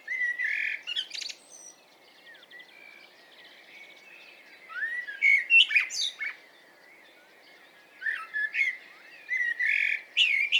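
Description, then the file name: Eurasian blackbird song: a fluty low warble followed by squeaky high twitters, then more phrases after pauses, with faint chirps between them. "Turdus merula"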